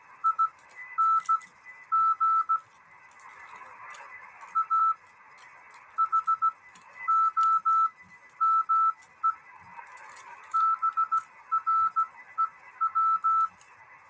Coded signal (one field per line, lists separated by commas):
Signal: Morse code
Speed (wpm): 16 wpm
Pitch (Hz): 1320 Hz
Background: none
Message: ING A HOMEBREW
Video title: 1 transistor 200mW CW on 3.5 MHz. Any contacts?